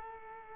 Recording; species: mosquito wingbeat signal from an infrared sensor; Culex quinquefasciatus